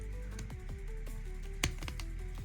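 Plastic parts of a Hasbro Transformers War for Cybertron Earthrise Thrust action figure are pushed onto pegs on the figure body, with music playing underneath and a few small plastic ticks as they are worked on. A sharp click at 1.6 s marks the parts popping in and seating on the pegs, followed by a few lighter clicks.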